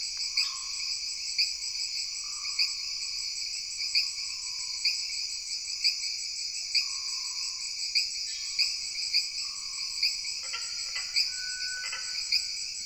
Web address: Sony Pictures Sound Effects Series Backgrounds Jungle Insects With Frogs